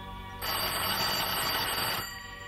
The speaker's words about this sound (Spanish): Sonó el teléfono.